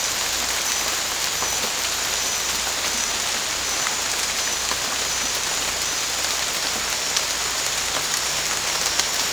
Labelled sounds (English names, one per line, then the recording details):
none
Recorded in dense forest near Puerto Asís, Putumayo, Colombia, on 18 December 2024 at 23:30
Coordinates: 0.481, -76.323
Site G100